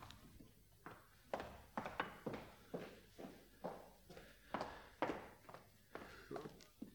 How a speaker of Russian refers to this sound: Ночь. В одном из залов близ сараля заточен Калов. Ему не спится. Он шагает из угла в угол.